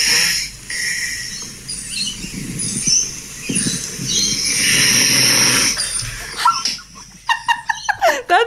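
Two long, rough, rattling snores from a sleeping adult woman come about two seconds apart under a hiss of room noise, followed by a few brief higher-pitched chirps near the end. This is a guttural snore, heard faintly in the background rather than close to the microphone.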